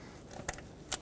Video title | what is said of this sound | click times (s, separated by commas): How to Replace Coolant Temperature Sensors 1998-2011 Ford Ranger (4.0L V6) | there we go now it's locked in it needs to be completely flush on the housing | 0.5 s, 0.9 s